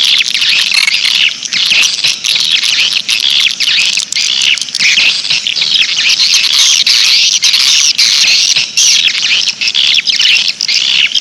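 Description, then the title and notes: Swiftlet chorus of shrill, rapid chirping and trilling, unbroken and busy from start to end. Swiftlet sound used in swiftlet farming, Asia. "Swiflet Bird Sound. Farming Swiflet Bird asia sound"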